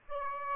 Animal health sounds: mosquito wingbeat signal from an infrared sensor; Aedes aegypti

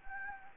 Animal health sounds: mosquito wingbeat signal from an infrared sensor; Anopheles gambiae

